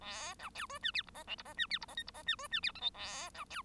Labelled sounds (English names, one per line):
Bengalese Finch song